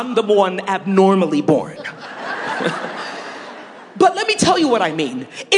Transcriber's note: laughter